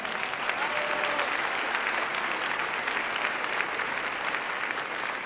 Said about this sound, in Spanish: que oiga el aplauso, ¿verdad? Ahí está. Nació en esta ciudad de Puebla, pues ya ese aplauso sea para todos los poblanos, ¿verdad?